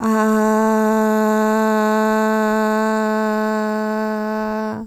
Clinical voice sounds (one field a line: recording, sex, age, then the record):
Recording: sustained vowel /a/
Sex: female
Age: 40 to 49 years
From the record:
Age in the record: 49 years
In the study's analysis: included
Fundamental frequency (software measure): 217 Hz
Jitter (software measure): 0.37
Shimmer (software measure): 0.91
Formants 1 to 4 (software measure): 842 Hz, 1563 Hz, 2576 Hz, 3746 Hz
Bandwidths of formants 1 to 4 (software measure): 329 Hz, 205 Hz, 310 Hz, 236 Hz